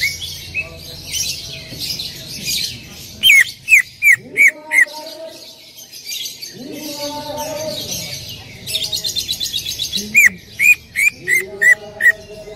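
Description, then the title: Greater green leafbird giving series of sharp, downslurred notes in quick runs, with lower warbling and harmonic tones between the series. Female calling a male; highly vocal. "CUCAK IJO BETINA GACOR HIPER MEMANGGIL JANTAN"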